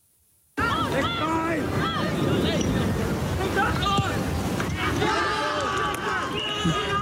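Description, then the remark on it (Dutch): A large football crowd roars in celebration of a goal, a loud, sustained wall of shouting and cheering voices that bursts in suddenly and keeps going without letting up. “En jij zei ja, het juichen bij een doelpunt van een voetbalwedstrijd.”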